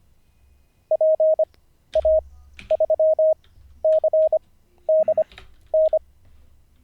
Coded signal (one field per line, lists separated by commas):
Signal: Morse code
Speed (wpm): 25 wpm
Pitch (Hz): 630 Hz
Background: none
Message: PA3CDN